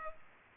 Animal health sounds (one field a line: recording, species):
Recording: mosquito wingbeat signal from an infrared sensor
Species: Culex pipiens